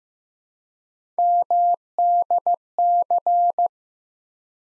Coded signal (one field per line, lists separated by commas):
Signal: Morse code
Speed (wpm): 15 wpm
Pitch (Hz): 700 Hz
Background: none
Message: MDC